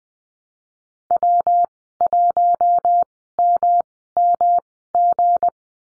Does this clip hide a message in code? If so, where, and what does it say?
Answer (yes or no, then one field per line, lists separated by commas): yes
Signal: Morse code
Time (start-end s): 1.1-5.5 s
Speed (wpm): 20 wpm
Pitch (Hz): 700 Hz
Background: none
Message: W1MMG